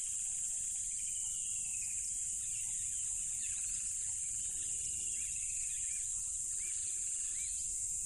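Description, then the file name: Cricket: loud, continuous high insect trill of crickets, with faint whistles and a few brief low hums in the background. Loud crickets beside a tropical river. "smartsound ATMO NATURE Tropical River Loud Crickets"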